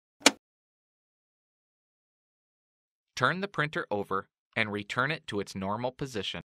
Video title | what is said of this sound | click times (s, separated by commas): Fixing a Paper Jam - HP Deskjet 3050 All-in-One Printer - HP | Close the cleanout door and gently push the door forward until in snaps into place. | 0.3 s